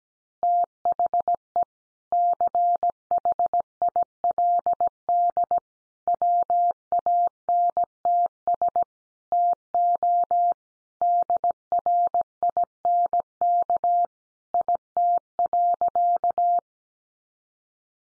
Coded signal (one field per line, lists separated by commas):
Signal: Morse code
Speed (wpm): 17 wpm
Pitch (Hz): 700 Hz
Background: none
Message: THE CHILD WANTS TO DRINK IT.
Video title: Additional Easy Phrases 17wpm